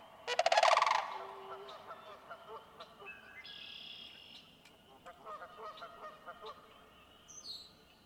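Sandhill crane with one brief, loud rolling rattle at the start, followed by scattered chirps and whistles from smaller birds.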